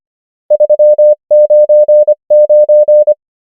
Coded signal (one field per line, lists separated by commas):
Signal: Morse code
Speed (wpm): 25 wpm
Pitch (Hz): 600 Hz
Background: none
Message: 399